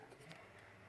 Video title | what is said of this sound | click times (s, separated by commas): Head Light Replacement 08 Subaru | there we go a little click | 0.3 s